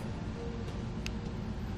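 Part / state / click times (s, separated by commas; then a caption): trailer wiring harness T-connector into the vehicle taillight wiring connector / seated / 1.1 s. A trailer wiring harness T-connector is slid into the taillight wiring connector of a 2013 Buick LaCrosse over a steady broadband hiss with a low hum. A single short, sharp click sounds at 1.1 s as the connector seats.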